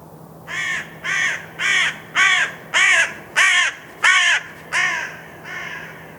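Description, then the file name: Carrion crow cawing, eight harsh, hoarse caws in a steady series about one every two-thirds of a second, the last one softer. "Corvus corone"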